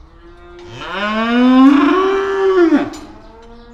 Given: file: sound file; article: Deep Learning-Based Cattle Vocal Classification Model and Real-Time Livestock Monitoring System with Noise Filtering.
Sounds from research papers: cattle; estrus call

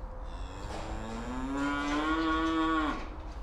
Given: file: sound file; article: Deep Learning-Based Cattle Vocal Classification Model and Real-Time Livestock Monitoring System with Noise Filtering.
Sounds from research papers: cattle; food anticipating call

